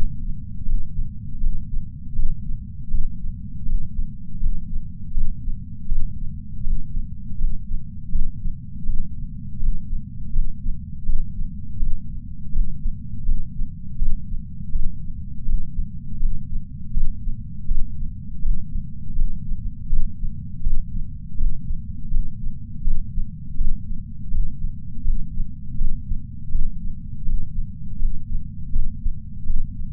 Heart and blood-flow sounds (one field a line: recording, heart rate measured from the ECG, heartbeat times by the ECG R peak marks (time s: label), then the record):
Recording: heart sounds by patch sensor on the chest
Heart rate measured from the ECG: 81 bpm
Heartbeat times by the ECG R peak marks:
0.66 s: heartbeat
1.41 s: heartbeat
2.16 s: heartbeat
2.91 s: heartbeat
3.66 s: heartbeat
4.40 s: heartbeat
5.15 s: heartbeat
5.89 s: heartbeat
6.64 s: heartbeat
7.38 s: heartbeat
8.13 s: heartbeat
8.87 s: heartbeat
9.60 s: heartbeat
10.33 s: heartbeat
11.07 s: heartbeat
11.80 s: heartbeat
12.53 s: heartbeat
13.26 s: heartbeat
13.99 s: heartbeat
14.73 s: heartbeat
15.46 s: heartbeat
16.20 s: heartbeat
16.94 s: heartbeat
17.68 s: heartbeat
18.43 s: heartbeat
19.16 s: heartbeat
19.90 s: heartbeat
20.64 s: heartbeat
21.38 s: heartbeat
22.11 s: heartbeat
22.85 s: heartbeat
23.58 s: heartbeat
24.32 s: heartbeat
25.05 s: heartbeat
25.78 s: heartbeat
26.52 s: heartbeat
27.26 s: heartbeat
27.99 s: heartbeat
28.73 s: heartbeat
29.47 s: heartbeat
From the record:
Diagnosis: coronary artery disease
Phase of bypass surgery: postoperative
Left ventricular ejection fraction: 43.8%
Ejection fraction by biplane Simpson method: 45%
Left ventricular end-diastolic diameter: 59 mm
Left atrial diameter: 36 mm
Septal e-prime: 6.9 cm/s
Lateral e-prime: 6.4 cm/s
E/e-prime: 9.2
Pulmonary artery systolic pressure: 22 mmHg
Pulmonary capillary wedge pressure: 19 mmHg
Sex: male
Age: 57 years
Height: 183 cm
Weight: 85 kg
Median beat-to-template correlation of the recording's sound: 0.89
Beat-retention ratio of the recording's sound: 0.99